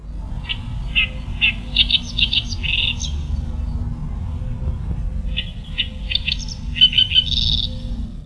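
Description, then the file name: Oriental reed warbler singing harsh, grating, repeated syllables in two bursts, over a steady low rumble. "ooyosikiri"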